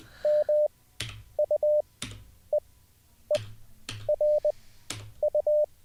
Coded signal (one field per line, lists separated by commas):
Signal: Morse code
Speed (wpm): 20 wpm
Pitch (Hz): 600 Hz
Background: none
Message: M U E E R U